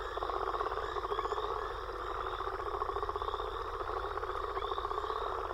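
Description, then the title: Frogs and toads: frog and toad chorus, many overlapping pulsed trills and faint rising chirps, constant and dense across the whole stretch. Frog and toad chorus recorded after a storm. "Frog And Toad Chorus Post Storm With Thunder"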